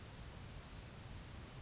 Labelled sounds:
Grasshopper Sparrow (Ammodramus savannarum)
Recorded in Sonoma County, California

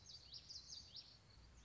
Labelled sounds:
Common Yellowthroat (Geothlypis trichas)
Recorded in Sonoma County, California

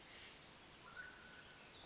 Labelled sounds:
Mountain Quail (Oreortyx pictus)
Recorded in Sonoma County, California

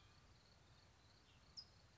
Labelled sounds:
California Towhee (Melozone crissalis)
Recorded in Sonoma County, California

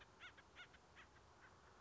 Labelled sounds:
Acorn Woodpecker (Melanerpes formicivorus)
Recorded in Sonoma County, California

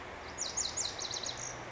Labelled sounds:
Lazuli Bunting (Passerina amoena)
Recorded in Sonoma County, California

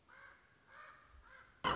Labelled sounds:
Common Raven (Corvus corax)
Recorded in Sonoma County, California

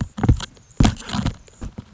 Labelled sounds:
Anna's Hummingbird (Calypte anna)
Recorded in Sonoma County, California

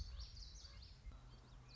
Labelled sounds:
Common Yellowthroat (Geothlypis trichas)
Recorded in Sonoma County, California

